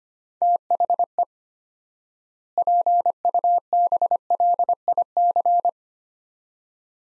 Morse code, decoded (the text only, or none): THE PUBLIC